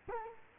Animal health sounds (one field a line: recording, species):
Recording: mosquito wingbeat signal from an infrared sensor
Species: Culex quinquefasciatus